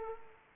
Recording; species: mosquito wingbeat signal from an infrared sensor; Culex quinquefasciatus